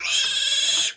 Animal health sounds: pig call; piglet (1 to 25 days)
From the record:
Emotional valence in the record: negative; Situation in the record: castration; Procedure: castration, cut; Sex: male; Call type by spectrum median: high-frequency call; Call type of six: high-frequency modulated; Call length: 0.97 s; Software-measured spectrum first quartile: 3256 Hz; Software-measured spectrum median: 4725 Hz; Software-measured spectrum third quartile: 7589 Hz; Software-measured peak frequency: 3375 Hz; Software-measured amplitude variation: 118 dB a second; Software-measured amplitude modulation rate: 21.1 a second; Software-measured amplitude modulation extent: 5.6 dB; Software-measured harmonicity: 3.6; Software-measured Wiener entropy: -2.18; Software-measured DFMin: 898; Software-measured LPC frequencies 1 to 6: 1625, 2591, 3311, 3850, 5222, 6592 Hz

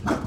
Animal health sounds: pig call; growing-finishing pig (85 days or more)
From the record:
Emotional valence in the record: positive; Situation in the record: run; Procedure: transit

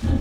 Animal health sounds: pig call; growing-finishing pig (85 days or more)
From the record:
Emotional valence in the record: positive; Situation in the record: enriched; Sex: female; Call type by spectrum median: low-frequency call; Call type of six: low-frequency stable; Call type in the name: low-frequency stable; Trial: 2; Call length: 0.21 s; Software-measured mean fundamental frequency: 43 Hz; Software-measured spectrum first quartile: 72 Hz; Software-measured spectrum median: 140 Hz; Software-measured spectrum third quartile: 305 Hz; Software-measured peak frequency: 85 Hz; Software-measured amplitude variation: 192 dB a second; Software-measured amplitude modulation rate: 28.4 a second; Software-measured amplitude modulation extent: 6.8 dB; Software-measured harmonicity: -6.0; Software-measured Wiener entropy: -1.01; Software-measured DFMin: 816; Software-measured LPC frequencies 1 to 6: 1686, 2784, 3310, 3967, 5478, 6294 Hz

